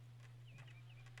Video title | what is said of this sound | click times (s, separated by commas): Creating Mustang Fluid Cap Covers Using a 3D Printer | And that snapped right in front center. Beautiful. | 1.2 s